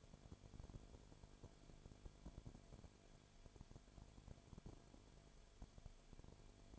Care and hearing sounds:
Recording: daily activity, microphone in the room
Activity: no activity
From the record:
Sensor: 5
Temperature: 19.9 degrees Celsius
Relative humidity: 35.6%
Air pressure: 1003.4 hPa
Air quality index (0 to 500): 56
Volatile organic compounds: 1 ppm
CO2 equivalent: 634 ppm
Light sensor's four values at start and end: 2/3/1/1 and 2/3/1/1

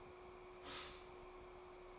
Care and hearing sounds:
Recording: daily activity, microphone in the room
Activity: stop toaster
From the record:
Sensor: 1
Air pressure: 1004.2 hPa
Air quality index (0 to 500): 201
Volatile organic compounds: 19 ppm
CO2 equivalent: 2651 ppm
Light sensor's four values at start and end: 5/13/4/5 and 5/13/4/5

